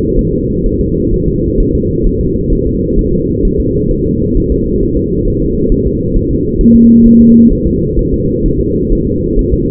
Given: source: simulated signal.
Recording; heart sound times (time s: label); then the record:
fetal heart sounds
0.19 s: S1
0.33 s: S2
0.66 s: S1
0.81 s: S2
1.14 s: S1
1.28 s: S2
1.60 s: S1
1.75 s: S2
2.07 s: S1
2.21 s: S2
2.53 s: S1
2.67 s: S2
2.99 s: S1
3.13 s: S2
3.45 s: S1
3.60 s: S2
3.91 s: S1
4.06 s: S2
4.37 s: S1
4.52 s: S2
4.83 s: S1
4.97 s: S2
5.28 s: S1
5.42 s: S2
5.72 s: S1
5.87 s: S2
6.16 s: S1
6.31 s: S2
6.61 s: S1
6.76 s: S2
7.06 s: S1
7.21 s: S2
7.53 s: S1
7.67 s: S2
7.99 s: S1
8.14 s: S2
8.46 s: S1
8.60 s: S2
8.92 s: S1
9.07 s: S2
9.39 s: S1
9.54 s: S2
From the record:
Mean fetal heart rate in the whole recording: 130 bpm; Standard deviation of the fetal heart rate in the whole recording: 4 bpm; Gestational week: 38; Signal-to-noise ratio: -14.7 dB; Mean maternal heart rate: 72 bpm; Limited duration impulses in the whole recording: present